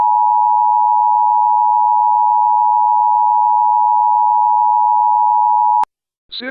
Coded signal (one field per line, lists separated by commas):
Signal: Emergency Alert System (SAME) tones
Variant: 853 and 960 Hz attention tone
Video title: EAS Comedy: Explosive Cheesehead Rampage Alert